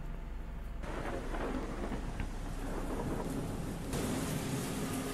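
Steady heavy rain hisses across the whole stretch, with a low rumble of thunder rolling underneath and a gusty wash of wind; the downpour surges louder near the start and again toward the end.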